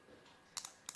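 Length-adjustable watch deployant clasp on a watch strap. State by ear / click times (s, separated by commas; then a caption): seated / 0.6 s, 0.7 s, 0.9 s. A length-adjustable metal watch deployant clasp on a watch strap, built as a blade-spring mock-up, is stepped through its length adjuster by hand. It gives a series of short, sharp metallic clicks at 0.6, 0.7, 0.9 and 0.9 seconds as it moves into its detent positions. The clasp seats in its detents.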